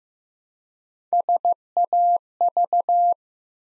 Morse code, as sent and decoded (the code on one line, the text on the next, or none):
... .- ...-
SAV